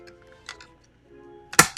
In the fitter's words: boom snapped into place okay should be fairly simple assembly